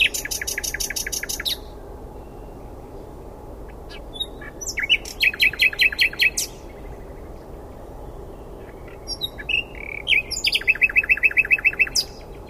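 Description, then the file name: Common nightingale singing three separate phrases, each a rapid burst of sharply repeated notes, separated by pauses with a few scattered notes. "Luscinia megarhynchos"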